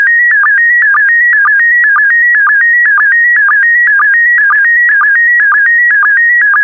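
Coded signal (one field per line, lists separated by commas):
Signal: SSTV (slow-scan television)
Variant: PD120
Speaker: complete. You can now check your decoded image against the picture that is shown on the video.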